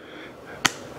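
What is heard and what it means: A card is pushed into the slot in the corner of the plastic sensor housing of a Dexcom G6 CGM transmitter to release the transmitter's latch. A sharp click at 0.7 s marks the latch snapping open, followed by a faint tick at 1.0 s, and the transmitter is released.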